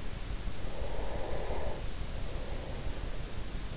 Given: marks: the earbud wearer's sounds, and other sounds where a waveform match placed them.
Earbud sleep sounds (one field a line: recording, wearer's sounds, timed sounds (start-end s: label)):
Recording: sounds in sleep by an in-ear microphone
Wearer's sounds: breath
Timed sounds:
0.70-3.42 s: breath